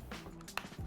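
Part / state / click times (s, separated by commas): carpet cleaner hand tool onto suction hose / seated / 0.6 s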